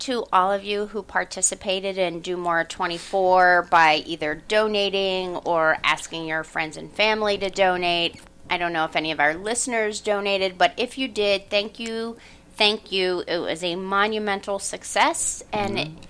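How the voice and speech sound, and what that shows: An adult woman speaks fluently and warmly at a steady conversational pace, with a clear, moderately pitched voice and natural pauses. Articulation and voice quality are ordinary, with no signs of a speech disorder.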